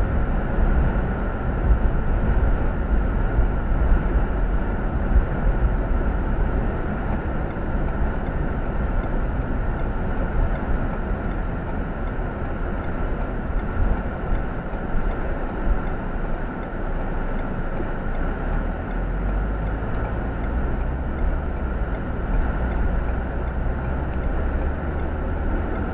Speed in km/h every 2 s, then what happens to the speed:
52, 52, 52, 47, 37, 27, 19, 10, 3, 11, 19, 24, 31.
0-5 steady at about 52. 5-15 brakes to 3. 17-26 speeds up to 31.